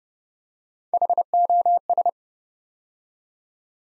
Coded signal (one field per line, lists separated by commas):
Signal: Morse code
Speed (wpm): 30 wpm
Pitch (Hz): 700 Hz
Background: none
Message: HOS